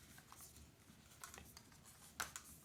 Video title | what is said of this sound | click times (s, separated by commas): Halo Neuroscience Halo Sport 2 | right there it will click in place and that's | 2.2 s